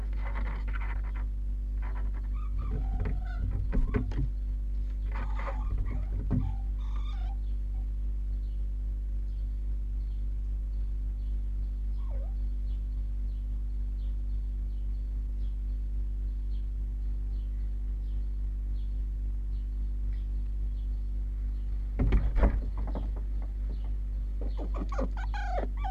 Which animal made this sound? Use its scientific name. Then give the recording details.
Vulpes vulpes. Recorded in captivity. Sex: diverse. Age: juvenile. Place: Zoologisches Institut der HUB, Berlin, DE. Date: 1958-06-28. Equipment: Smaragd. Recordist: Tembrock, Günter